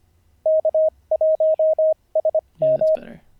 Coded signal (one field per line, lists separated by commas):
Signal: Morse code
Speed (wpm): 25 wpm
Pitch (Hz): 630 Hz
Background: radio noise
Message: K1SM